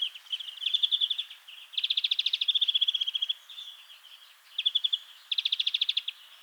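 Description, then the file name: European greenfinch giving buzzy rattling trills in several bursts, the longest over a second, with softer twitters linking them. "Chloris chloris"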